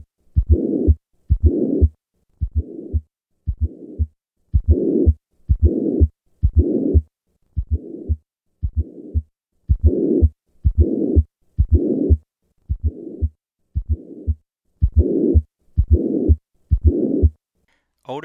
The murmur of tricuspid regurgitation accompanied by a fourth heart sound.